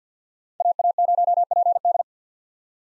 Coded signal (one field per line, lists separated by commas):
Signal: Morse code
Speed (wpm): 50 wpm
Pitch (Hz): 700 Hz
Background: none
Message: AA0PD